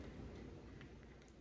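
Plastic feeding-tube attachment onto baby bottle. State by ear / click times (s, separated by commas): not seated / none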